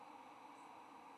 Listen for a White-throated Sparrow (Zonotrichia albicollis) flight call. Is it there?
no